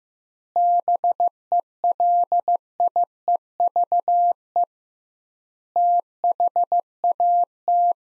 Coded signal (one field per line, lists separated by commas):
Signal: Morse code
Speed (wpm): 15 wpm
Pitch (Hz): 700 Hz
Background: none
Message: BELIEVE THAT